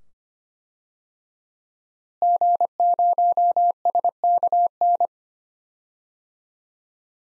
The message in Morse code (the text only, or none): G0SKN